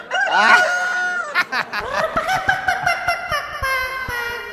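A hen gives a drawn-out, wavering squawk, then breaks into a fast run of short, throaty clucks over a steady harmonic cackle, fairly loud and with no voices.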